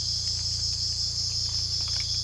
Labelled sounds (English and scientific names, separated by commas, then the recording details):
none
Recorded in secondary vegetation near Puerto Asís, Putumayo, Colombia, on 18 December 2024 at 04:00
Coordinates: 0.484, -76.319
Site GP06